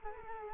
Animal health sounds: mosquito wingbeat signal from an infrared sensor; Culex quinquefasciatus

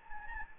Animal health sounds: mosquito wingbeat signal from an infrared sensor; Anopheles gambiae

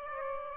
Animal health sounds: mosquito wingbeat signal from an infrared sensor; Aedes aegypti

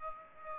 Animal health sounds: mosquito wingbeat signal from an infrared sensor; Aedes aegypti

